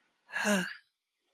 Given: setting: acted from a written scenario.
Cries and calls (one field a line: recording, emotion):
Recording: vocal sound without words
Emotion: serenity